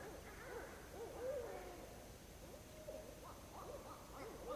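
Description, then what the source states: Owl chorus of overlapping arched and drawn-out hoots from several callers, rising and falling in quick succession over faint hiss. Chorus of several owls at 07:10 on 29 January 2012.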